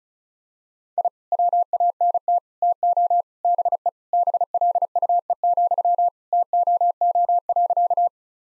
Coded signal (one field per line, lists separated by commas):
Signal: Morse code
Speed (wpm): 34 wpm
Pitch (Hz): 700 Hz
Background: none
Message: I WANT TO BE BLUE, TOO.